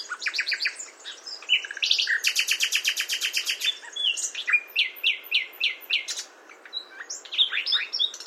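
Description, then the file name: Common nightingale song: clipped notes, then a loud rapid buzzy pulsing series, followed by a run of repeated upslurred notes and a few sharp chips. "Luscinia megarhynchos"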